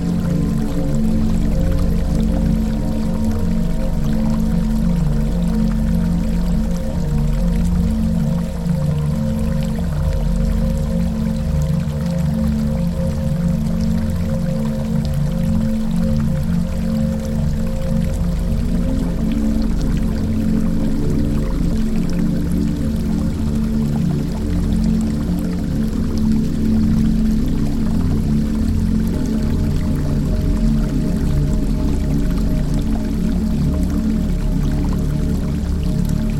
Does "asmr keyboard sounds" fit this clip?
no